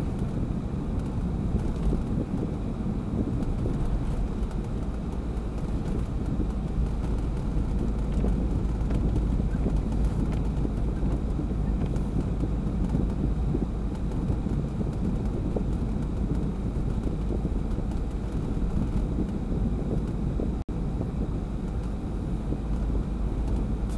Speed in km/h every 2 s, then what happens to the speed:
57, 57, 53, 52, 50, 51, 51, 51, 52, 53, 52, 51.
0-7 slows to 50. 7-24 steady at about 51.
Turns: none.